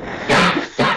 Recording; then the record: coughing mixed with background sound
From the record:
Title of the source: Barking cough - # 10